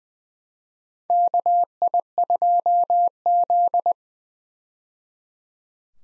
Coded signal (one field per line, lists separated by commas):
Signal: Morse code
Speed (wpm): 20 wpm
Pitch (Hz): 700 Hz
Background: none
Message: KI2Z